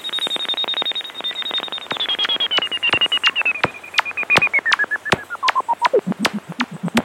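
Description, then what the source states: Bat echolocation calls made audible by a detector, a fast pulse train with a tone gliding downward. Breeding colony of several thousand bats, mostly mouse-eared bats, in a cave above a tunnel in the Alpilles, France, summer 2022; ultrasonic calls made audible with a bat detector; birthing period.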